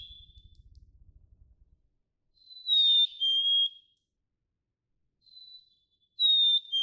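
Black-capped chickadee: low thumping rumble at first, then a Black-capped chickadee whistles its high-then-lower two-note song, with another phrase starting at the end.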